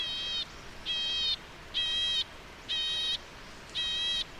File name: White cheeked Nuthatch Sitta leucopsis